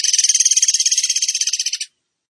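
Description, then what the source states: Bird trill of quick, regular buzzy pulses running almost two seconds and fading slightly toward the end. Masteran (training recording) in tembakan gacor style.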